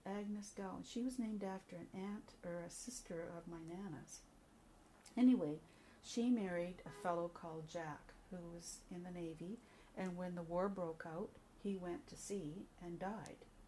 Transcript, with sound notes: Agnes Gow, she was named after an aunt or a sister of my nana's. Anyway she married (car horn) a fellow call Jack who was in the Navy and when the war broke out he went to sea and died.